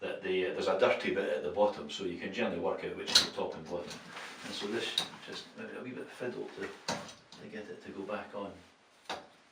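Someone talks while handling a shower control part, most likely the temperature control knob or its fitting, lining it up by a pencil mark to push it back onto the new Mira Excel thermostatic cartridge (part no. 903.33) of an electric-style shower, which is a bit fiddly. Soft handling noises run under the speech, with a brief sharp knock near 9.1 s. Nothing has seated or clicked yet.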